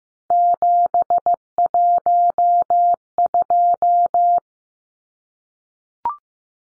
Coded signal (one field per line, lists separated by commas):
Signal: Morse code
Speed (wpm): 15 wpm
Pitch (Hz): 700 Hz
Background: none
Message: 712